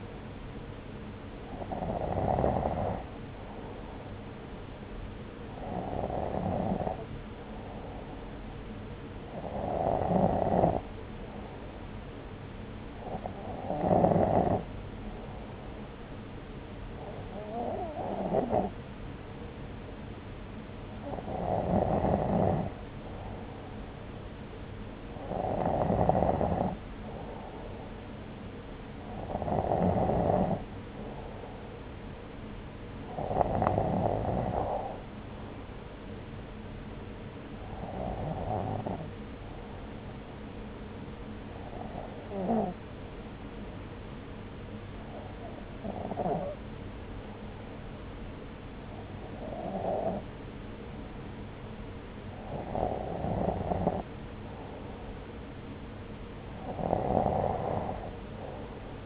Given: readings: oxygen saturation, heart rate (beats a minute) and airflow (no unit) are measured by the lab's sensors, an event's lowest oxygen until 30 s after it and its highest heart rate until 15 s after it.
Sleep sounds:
breathing in sleep by a voice recorder at the bedside; none
none scored
From the record:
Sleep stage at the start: N2 (light sleep); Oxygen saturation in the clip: 93 to 94%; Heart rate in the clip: 61 to 67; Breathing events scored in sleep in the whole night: 303 in 8.1 hours asleep

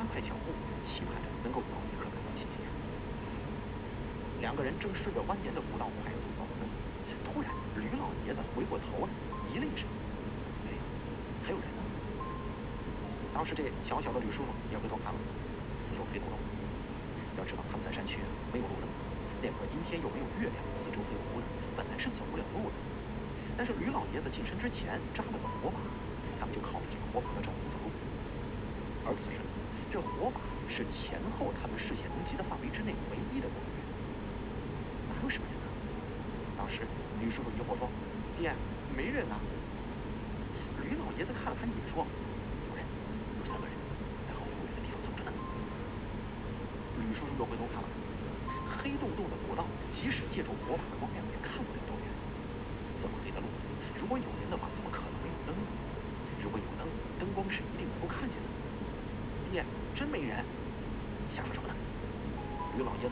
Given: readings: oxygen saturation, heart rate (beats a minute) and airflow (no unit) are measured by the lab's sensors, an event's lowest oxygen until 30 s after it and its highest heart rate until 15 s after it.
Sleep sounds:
a person awake in a sleep study, by a voice recorder at the bedside; none
0.00-63.12 s: awake
From the record:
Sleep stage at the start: awake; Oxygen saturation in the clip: 93 to 94%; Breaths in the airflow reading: 19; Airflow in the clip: -1.7 to 4.0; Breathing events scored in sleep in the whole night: 335 in 6.7 hours asleep

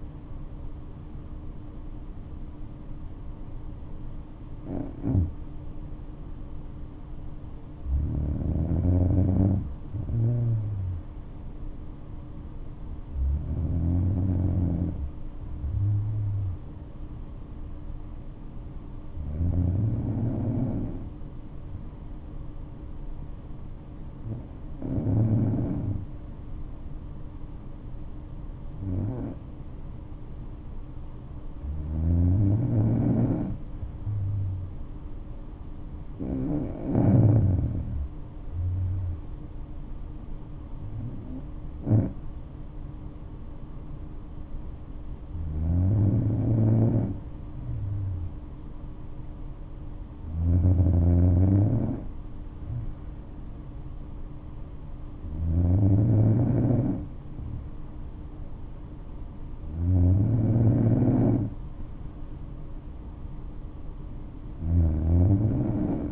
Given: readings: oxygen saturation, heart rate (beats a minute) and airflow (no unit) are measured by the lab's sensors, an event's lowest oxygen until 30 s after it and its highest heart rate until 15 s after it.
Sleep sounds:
breathing in sleep by a smartphone at the bedside; 1
7.00-32.80 s: hypopnea (N2, oxygen 97% highest, then 94% lowest, heart rate 62 at the start, 71 highest)
From the record:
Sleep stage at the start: N2 (light sleep); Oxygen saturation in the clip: 93 to 97%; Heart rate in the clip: 58 to 71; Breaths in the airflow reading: 13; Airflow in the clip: -6.7 to 6.9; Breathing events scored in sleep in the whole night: 228 in 5.4 hours asleep

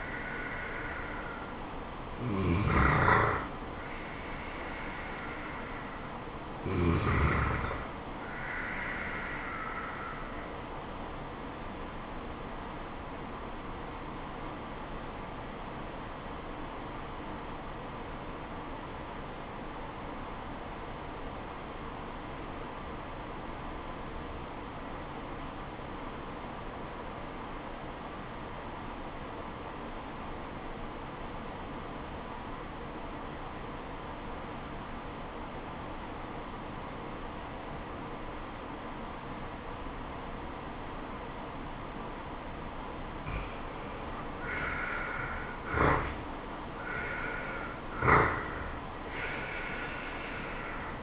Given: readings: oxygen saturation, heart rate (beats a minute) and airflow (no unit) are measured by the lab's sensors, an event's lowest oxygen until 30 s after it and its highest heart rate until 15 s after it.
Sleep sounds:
breathing in sleep by a voice recorder at the bedside; 1
13.00-45.20 s: obstructive apnea (N2, oxygen 96% highest, then 79% lowest, heart rate 79 at the start, 79 highest)
From the record:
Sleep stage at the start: N2 (light sleep); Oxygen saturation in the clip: 81 to 96%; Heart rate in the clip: 66 to 80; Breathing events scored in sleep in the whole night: 426 in 7.4 hours asleep

